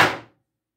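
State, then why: Not seated. A wooden chair arm, held flat and level, is tapped with a hammer into the chair's arm support joint. One sharp, broadband knock fades out within about 0.3 seconds, leaving silence. The arm has not seated yet, and nothing has clicked home.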